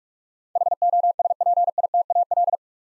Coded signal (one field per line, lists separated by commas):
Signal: Morse code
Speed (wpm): 44 wpm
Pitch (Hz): 700 Hz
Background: none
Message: HOSPITAL